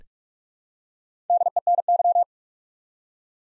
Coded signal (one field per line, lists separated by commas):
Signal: Morse code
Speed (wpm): 44 wpm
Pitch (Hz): 700 Hz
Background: none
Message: DENY